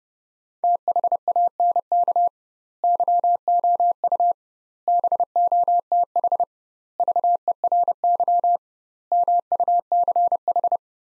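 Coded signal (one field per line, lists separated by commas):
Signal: Morse code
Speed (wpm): 29 wpm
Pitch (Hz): 700 Hz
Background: none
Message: THANK YOU BOTH VERY MUCH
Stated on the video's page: Morse practice drill, sets of five words at 30 wpm with 2x word spacing, a Farnsworth-like method.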